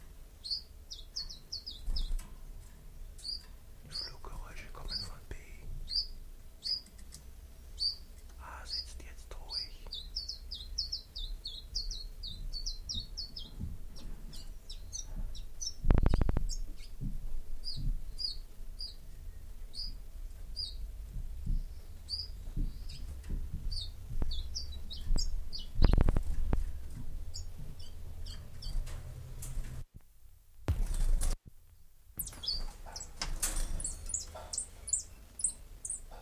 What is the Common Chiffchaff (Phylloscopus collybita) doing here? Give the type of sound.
song